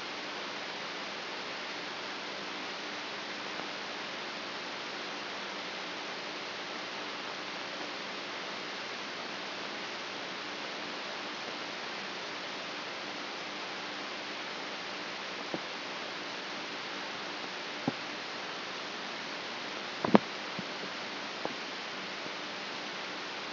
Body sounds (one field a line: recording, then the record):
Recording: brain microelectrode recording played as sound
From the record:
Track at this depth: outside the subthalamic nucleus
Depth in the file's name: 6.669 mm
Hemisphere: left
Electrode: 3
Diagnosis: Parkinson's disease